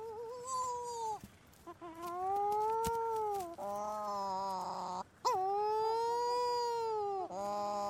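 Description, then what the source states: Wedge-tailed shearwaters giving long, drawn-out moaning wails that hold steady, then break off abruptly. Several wedge-tailed shearwaters calling, Western Australia.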